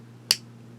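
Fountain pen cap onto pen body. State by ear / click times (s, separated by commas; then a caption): seated / 0.3 s. The pull-off cap of a Monteverde Impressa fountain pen is pressed back onto the pen body, giving a single sharp, bright click at 0.3 s over a steady low hum. The cap seats and is held secure.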